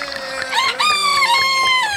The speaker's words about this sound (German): Mitternacht. Ist es normal, dass Hähne um Mitternacht krähen?